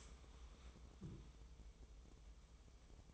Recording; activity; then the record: daily activity, microphone in the room; stand up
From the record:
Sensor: 1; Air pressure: 1005.1 hPa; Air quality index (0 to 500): 123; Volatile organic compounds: 5 ppm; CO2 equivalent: 1728 ppm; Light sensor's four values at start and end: 11/27/11/12 and 11/26/10/11